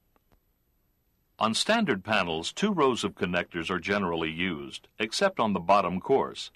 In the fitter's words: when you hear the click you know it's secure